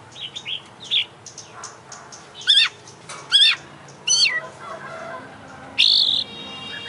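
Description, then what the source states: Oriental magpie-robin song: scattered harsh, squawky notes and sharp down-slurred buzzy phrases, with pauses between bursts and a low hum underneath. Champion bird singing vigorously (gacor); from a collection of selected tutor songs (masteran) for training songbirds.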